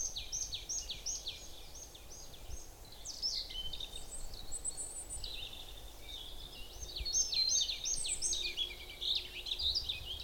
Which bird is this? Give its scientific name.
Poecile palustris